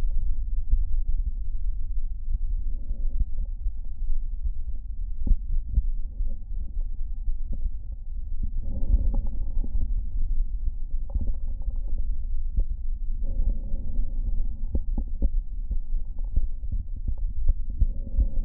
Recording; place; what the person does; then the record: lung sounds by stethoscope; left anterior apical chest; quiet breathing, then deep breathing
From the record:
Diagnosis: interstitial lung disease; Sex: male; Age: 74 years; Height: 160 cm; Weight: 54 kg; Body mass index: 21.1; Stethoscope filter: diaphragm mode